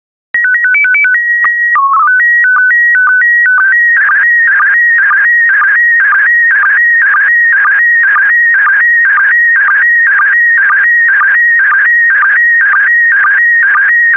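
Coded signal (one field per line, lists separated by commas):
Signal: SSTV (slow-scan television)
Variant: PD 120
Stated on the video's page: Christmas SSTV images transmitted in PD120 mode.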